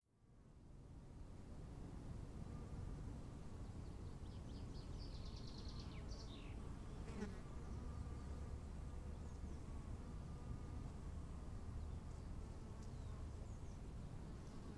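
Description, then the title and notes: Bees buzzing in a steady low hum, with brief bird chirps midway. Bees at 15:15 on a field path to the Bruder-Klaus chapel in Wachendorf, with birds, wind and quiet. "wachendorf, feldweg. 15:15 feldweg zur bruder-klaus-kapelle, bienen, vögel, wind, stille"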